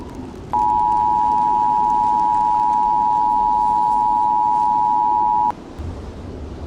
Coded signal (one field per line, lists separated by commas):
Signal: Emergency Alert System (SAME) tones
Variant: 853 and 960 Hz attention tone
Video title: EAS Scenario: Yukina Part 2